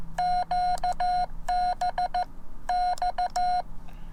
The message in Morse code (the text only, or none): QBX